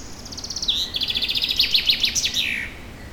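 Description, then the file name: Bird song: a quick burst of high notes, then a loud rapid series of sharp chirps finishing in a falling sweep. Forest setting. "Forest Ambient With A Birdsong"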